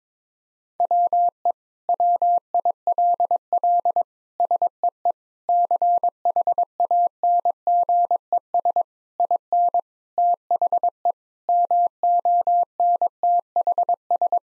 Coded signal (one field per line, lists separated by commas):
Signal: Morse code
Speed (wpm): 22 wpm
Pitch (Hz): 700 Hz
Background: none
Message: WE WILL SEE CHANGES IN THE MONTHS